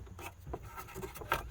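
A plastic dash trim panel, lubed with dish soap, is pushed into the dashboard of a Jeep Cherokee XJ while a switch is pressed and the panel is slid to the right. Soft rubbing and scraping sounds build to a sharp snap at 1.3 s as the panel seats into place.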